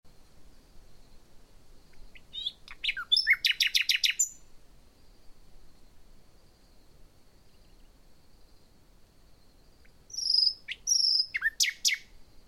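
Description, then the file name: Common nightingale song in two bursts of rapid buzzy, churring trills with sharp high notes, separated by about five and a half seconds of quiet; a faint steady high insect-like hum throughout. "Luscinia megarhynchos"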